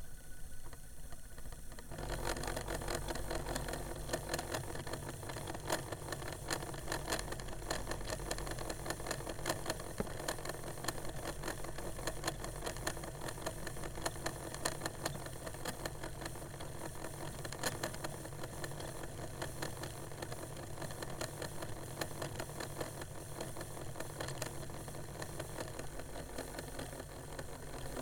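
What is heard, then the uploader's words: An old CD player whirs as it tries to spin up, starting quieter for the first two seconds and then settling into a dense, steady motor drone with a rough, buzzing mechanical rattle. Faint clicks and ticks recur throughout, and the level stays constant to the end. (old cd player trying to spin up). While going through a box of old technologies to be recycled, I came upon a 1980s era discman portable CD player that still sort of worked. I listened to it, trying to spin up to speed to do its job, but it wasn't able to, it didn't have enough power, energy, or ability left in it.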